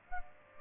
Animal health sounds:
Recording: mosquito wingbeat signal from an infrared sensor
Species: Aedes aegypti

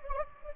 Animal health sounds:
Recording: mosquito wingbeat signal from an infrared sensor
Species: Anopheles gambiae

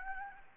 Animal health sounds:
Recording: mosquito wingbeat signal from an infrared sensor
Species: Anopheles gambiae

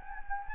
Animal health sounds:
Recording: mosquito wingbeat signal from an infrared sensor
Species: Anopheles gambiae

